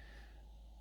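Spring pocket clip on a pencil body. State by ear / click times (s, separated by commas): not seated / none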